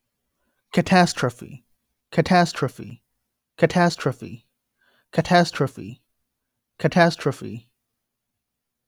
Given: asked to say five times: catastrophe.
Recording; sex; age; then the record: repeated word; male; 20 to 29 years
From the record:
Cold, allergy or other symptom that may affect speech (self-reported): no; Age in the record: 24 years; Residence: North Carolina, United States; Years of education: 18